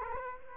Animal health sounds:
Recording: mosquito wingbeat signal from an infrared sensor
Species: Culex quinquefasciatus

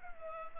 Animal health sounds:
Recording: mosquito wingbeat signal from an infrared sensor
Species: Culex pipiens

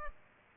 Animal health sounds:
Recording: mosquito wingbeat signal from an infrared sensor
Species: Culex pipiens

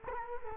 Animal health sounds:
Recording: mosquito wingbeat signal from an infrared sensor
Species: Culex quinquefasciatus

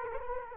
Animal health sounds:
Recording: mosquito wingbeat signal from an infrared sensor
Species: Culex quinquefasciatus

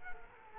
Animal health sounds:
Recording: mosquito wingbeat signal from an infrared sensor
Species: Culex quinquefasciatus

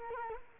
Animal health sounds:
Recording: mosquito wingbeat signal from an infrared sensor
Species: Culex quinquefasciatus

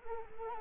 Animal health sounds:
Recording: mosquito wingbeat signal from an infrared sensor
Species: Culex quinquefasciatus

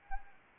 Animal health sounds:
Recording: mosquito wingbeat signal from an infrared sensor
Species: Anopheles arabiensis

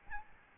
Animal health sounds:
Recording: mosquito wingbeat signal from an infrared sensor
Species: Aedes albopictus

